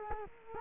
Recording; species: mosquito wingbeat signal from an infrared sensor; Culex quinquefasciatus